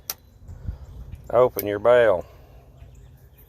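The metal wire bail arm on a spinning fishing reel is flipped open before braid is tied to the spool, giving one sharp, loud snap at 0.1 s. Someone talks afterward. The bail is released and open.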